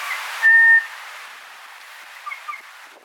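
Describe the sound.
Kōkako song: one loud, flat, pure whistle lasting under half a second, followed by a few soft short notes in a steady hiss.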